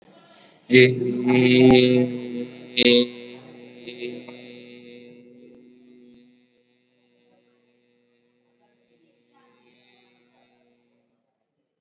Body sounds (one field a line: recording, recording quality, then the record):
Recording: sustained vowel as in made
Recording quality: excellent, no background noise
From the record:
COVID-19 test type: RT-PCR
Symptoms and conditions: fever, muscle pain, another condition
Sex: male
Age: 18 years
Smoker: no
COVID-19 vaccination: both doses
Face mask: worn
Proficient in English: yes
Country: India